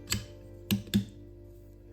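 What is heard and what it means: A steel bolt is dropped into the receiver of a Brownells BRN-22 10/22 Takedown rifle and set onto the charging handle, with music playing underneath. A softer metallic hit at 0.1 s is followed by two sharp metallic clicks at 0.7 s and 0.9 s as the bolt seats onto the charging handle, confirmed seated.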